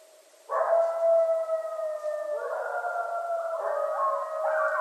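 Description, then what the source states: Coyotes howling: several long steady wavering howls overlap and shift pitch, starting suddenly and continuing throughout. Several coyotes, recorded 14 January 2012.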